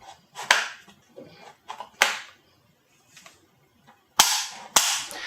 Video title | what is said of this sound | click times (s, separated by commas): SteelSeries Apex 3 RGB Gaming keyboard: Best under $50? | The feet feel solid and snap into place when adjusting the height, and extended, they hold better in place on your desktop. | 0.5 s, 2.0 s, 4.2 s, 4.8 s